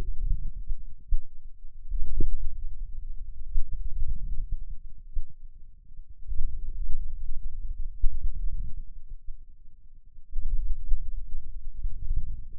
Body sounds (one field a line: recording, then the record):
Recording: forearm muscle sounds (acoustic myography)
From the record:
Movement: inward rotation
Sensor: system 2, bracelet of six BSWA MPA416 microphones around the upper forearm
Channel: 1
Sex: male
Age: 22 years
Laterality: right